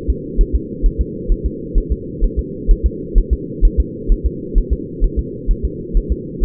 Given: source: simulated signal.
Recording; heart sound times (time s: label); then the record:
fetal heart sounds
0.10 s: S2
0.41 s: S1
0.56 s: S2
0.86 s: S1
1.01 s: S2
1.32 s: S1
1.46 s: S2
1.78 s: S1
1.92 s: S2
2.24 s: S1
2.39 s: S2
2.71 s: S1
2.86 s: S2
3.18 s: S1
3.33 s: S2
3.65 s: S1
3.80 s: S2
4.12 s: S1
4.26 s: S2
4.58 s: S1
4.73 s: S2
5.04 s: S1
5.19 s: S2
5.51 s: S1
5.65 s: S2
5.97 s: S1
6.12 s: S2
6.44 s: S1
From the record:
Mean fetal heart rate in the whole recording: 130 bpm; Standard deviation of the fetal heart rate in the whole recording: 2 bpm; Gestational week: 38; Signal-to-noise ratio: -4.1 dB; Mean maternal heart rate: no maternal heart sound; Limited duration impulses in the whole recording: absent